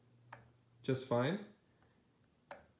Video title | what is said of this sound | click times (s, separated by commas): Wahoo Elemnt on Canyon Ultimate with Canyon Garmin Mount | it does click into place just fine | 0.3 s